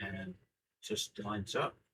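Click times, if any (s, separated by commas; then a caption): none. A plastic 1/48 scale F-35A model kit part for the cockpit/intake area is handled against its mating part on the fuselage assembly while someone talks. Nothing has seated or clicked yet.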